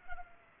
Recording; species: mosquito wingbeat signal from an infrared sensor; Culex pipiens